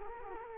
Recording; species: mosquito wingbeat signal from an infrared sensor; Culex quinquefasciatus